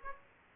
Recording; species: mosquito wingbeat signal from an infrared sensor; Aedes aegypti